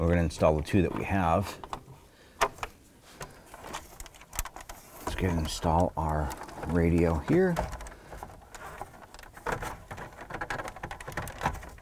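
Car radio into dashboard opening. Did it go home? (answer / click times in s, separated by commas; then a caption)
no / none. Someone talks while a car radio is handled and pushed back toward the dashboard opening of a 1993-1997 Ford Ranger, with short plastic taps and knocks scattered through the pauses. The radio's top edge has not snapped into the dash yet; nothing has seated or clicked.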